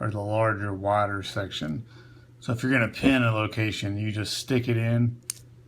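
Someone talks while a crimped wire terminal pin is pushed into its slot in a plastic OBD1 engine harness connector housing during pinning of a Rywire OBD2-to-OBD1 VTEC subharness, with its two prongs facing the larger, wider section. The pin has not snapped or seated into the housing yet.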